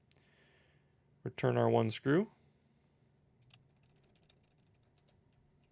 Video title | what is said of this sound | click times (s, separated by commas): Nintendo Switch OLED - How to Replace the Fan | and then push right in this Center Spot and you're going to feel it click into that surface board connector | 0.1 s